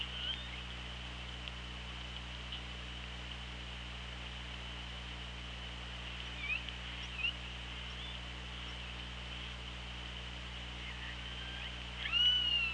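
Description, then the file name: Orca calls underwater: faint whistled contours scattered throughout, then a louder rising and falling tonal call with harmonics near the end, over steady hiss and low hum. Hydrophone, underwater, 24 August 2017 at 16:03:43. "Orca Lab"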